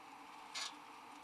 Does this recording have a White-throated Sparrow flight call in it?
no